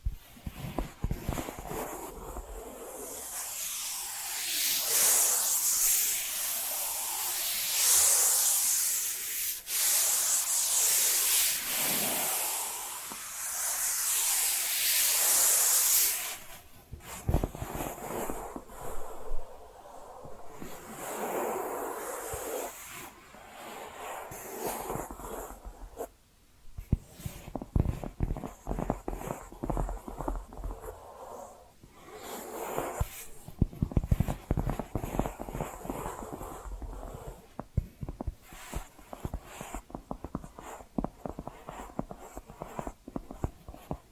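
Tapping and scratching sounds, with a dense bright hissing scrape for the first sixteen seconds, then sparser irregular taps and scratches continuing throughout.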